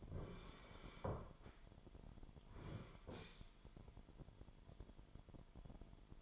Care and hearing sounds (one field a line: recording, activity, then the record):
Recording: daily activity, microphone in the room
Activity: sit down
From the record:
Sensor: 5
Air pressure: 998.6 hPa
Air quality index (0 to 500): 88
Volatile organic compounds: 2 ppm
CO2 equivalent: 1000 ppm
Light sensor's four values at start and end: 33/80/33/37 and 33/80/33/37